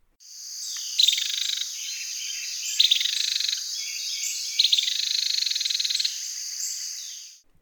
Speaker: Carolina wrens also give a rattling alarm call.